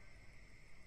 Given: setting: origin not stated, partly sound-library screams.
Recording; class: one-second piece from a danger detection set; normal situation